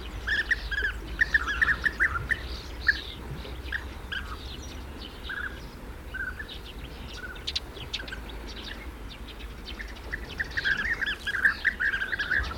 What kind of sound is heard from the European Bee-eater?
call